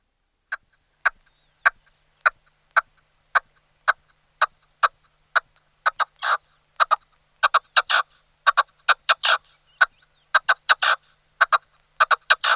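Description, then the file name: Red-legged partridge calls, sharp clucking notes repeated steadily, later coming in doubled and tripled bursts. "orebice-rudá"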